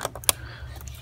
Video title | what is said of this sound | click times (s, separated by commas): DIY Maserati Ghibli / Quattroporte: Installing MAXPower ECM by MADNESS | So you pulled out the yellow safety lock, push that in until it clicks, and then go ahead and replace the yellow tab. | 0.3 s